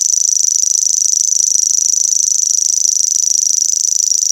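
Grasshopper giving a continuous shrill buzz of quick regular pulses, holding an even pitch and volume from start to finish.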